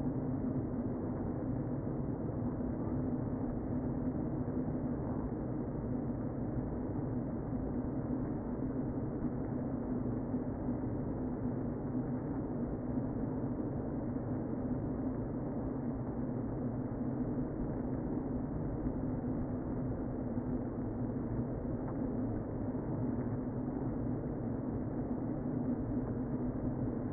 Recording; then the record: honeybee colony, microphone inside the hive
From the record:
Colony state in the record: queen present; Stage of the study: before two queens were removed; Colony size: about 60,000 bees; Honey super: yes